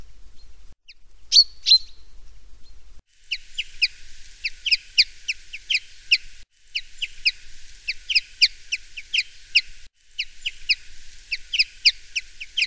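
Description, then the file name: Common chaffinch song: a few short call notes, then three bursts of rapid, sharp, high notes in quick series, each burst lasting about three seconds, with brief breaks between them. "erdei pinty"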